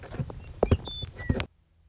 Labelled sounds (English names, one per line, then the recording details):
Western Meadowlark
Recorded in Sonoma County, California